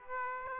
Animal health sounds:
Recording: mosquito wingbeat signal from an infrared sensor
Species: Aedes aegypti

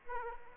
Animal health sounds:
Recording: mosquito wingbeat signal from an infrared sensor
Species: Aedes aegypti

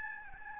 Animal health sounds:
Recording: mosquito wingbeat signal from an infrared sensor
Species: Aedes albopictus

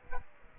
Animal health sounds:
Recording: mosquito wingbeat signal from an infrared sensor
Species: Aedes aegypti

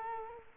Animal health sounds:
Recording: mosquito wingbeat signal from an infrared sensor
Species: Culex quinquefasciatus

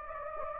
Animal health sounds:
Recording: mosquito wingbeat signal from an infrared sensor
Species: Anopheles gambiae

